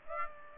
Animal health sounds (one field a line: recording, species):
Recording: mosquito wingbeat signal from an infrared sensor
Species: Aedes aegypti